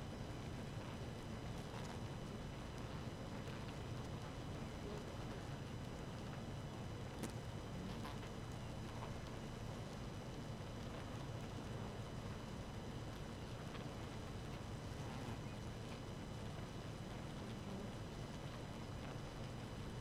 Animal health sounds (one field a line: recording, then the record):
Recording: honeybee colony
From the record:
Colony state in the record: active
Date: 12 June 2018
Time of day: 4:48